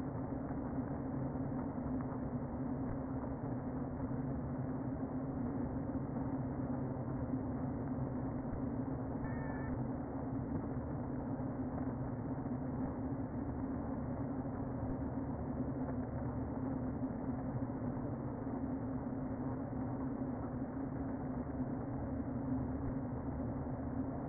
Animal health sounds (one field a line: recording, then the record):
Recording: honeybee colony, microphone inside the hive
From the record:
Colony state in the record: queen present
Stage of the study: before two queens were removed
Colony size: about 60,000 bees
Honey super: yes